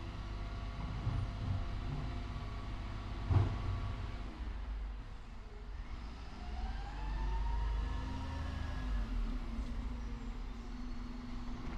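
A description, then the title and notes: A heavy lorry idles and rumbles on a suburban street, engine tones rising and falling, with a brief clank around three seconds. Springtime residential soundscape from the suburbs of South London during the first lockdown. The recording presents the entire refuse collection sequence from the point of audition of my bedroom. The bin lorry turns into the top of the street, gradually moves down the street passing by my bedroom window where the microphones are positioned, and steadily disappears from within earshot.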